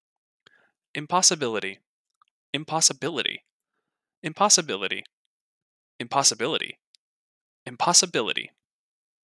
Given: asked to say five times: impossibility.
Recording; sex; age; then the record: repeated word; male; 20 to 29 years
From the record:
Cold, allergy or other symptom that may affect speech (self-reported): no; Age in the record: 27 years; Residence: California, United States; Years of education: 18